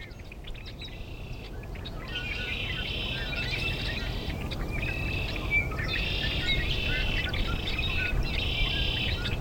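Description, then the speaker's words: Red-winged blackbird song: buzzy, trilled phrases repeated several times over steady low background noise. Favours wetlands, marshes and ponds throughout the region. "Bird Song Break, featuring the red-winged blackbird. Special thanks to the Cornell Lab of Ornithology."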